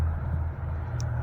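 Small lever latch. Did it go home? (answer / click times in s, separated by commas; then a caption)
yes / 1.0 s. The manual neutral bypass lever on top of the engine of a 2018 Jaguar F-Pace is pulled up like a slot machine handle to put the car into neutral, with a steady low rumble underneath. A single sharp, bright click at 1.0 s marks the lever locking up into place.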